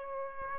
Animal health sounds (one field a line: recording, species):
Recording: mosquito wingbeat signal from an infrared sensor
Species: Aedes aegypti